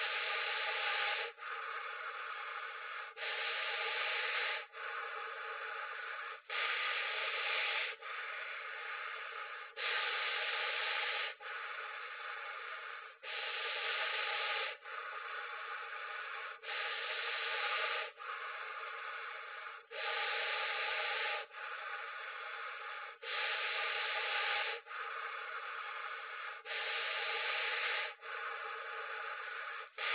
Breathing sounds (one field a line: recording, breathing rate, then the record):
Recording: paced breathing near a phone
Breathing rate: 18 breaths a minute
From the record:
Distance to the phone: 20 cm